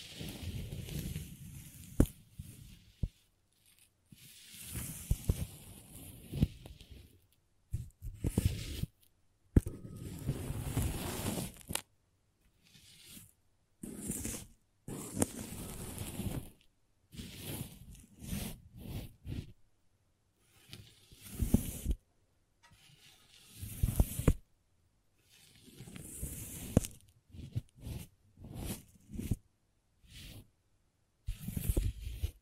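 Crayons being worked in short, irregular bursts of scraping and cutting, each lasting a second or two and separated by silent gaps. The strokes are rough and hissy with a low rubbing undertone, and a few sharp taps punctuate the sequence throughout.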